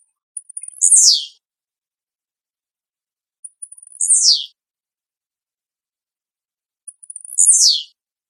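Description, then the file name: Blue-black grassquit singing a short, high buzzy note that sweeps downward, each preceded by faint ticks, repeated three times about every three seconds in otherwise quiet surroundings. "tiziu"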